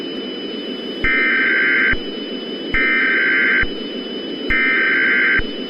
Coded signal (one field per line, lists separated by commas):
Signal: Emergency Alert System (SAME) tones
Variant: header bursts